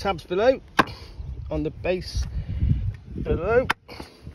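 Someone talks while an installer handles the plastic/metal cover lid of an Eric-Tile plain tile solar panel roof hook, lining it up to press onto the tabs of the screwed-down base. Only speech and faint handling noise are heard. Nothing has seated or clicked yet.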